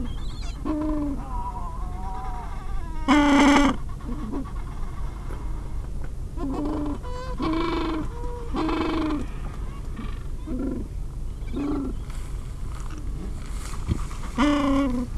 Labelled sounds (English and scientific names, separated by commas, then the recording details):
Gentoo Penguin (Pygoscelis papua)
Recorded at the colony at Petermann, Antarctica, on 20 January 2015
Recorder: Song Meter SM2+